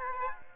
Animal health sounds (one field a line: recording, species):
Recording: mosquito wingbeat signal from an infrared sensor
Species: Aedes aegypti